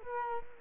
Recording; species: mosquito wingbeat signal from an infrared sensor; Culex quinquefasciatus